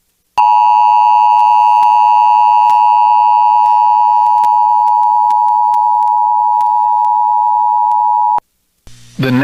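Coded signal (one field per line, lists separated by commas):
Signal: Emergency Alert System (SAME) tones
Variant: 853 and 960 Hz attention tone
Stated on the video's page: Real severe thunderstorm EAS alerts received from an FM broadcast station in Laredo, Texas.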